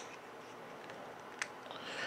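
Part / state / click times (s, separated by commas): clear rotor section of an air pistol magazine / seated / 1.4 s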